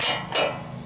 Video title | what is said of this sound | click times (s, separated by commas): 2003 Duramax Rollback Working On The Headache Bar | pop it down into place and uh and that holds it into free wheeel that spring | 0.3 s